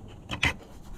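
A wiring harness connector is pushed onto a newly installed, tightened mass air flow sensor on an Audi A4, replaced to fix a P0171 code. A brief scraping sound at about 0.3 s leads into a sharp click at 0.4 s, and the connector is seated.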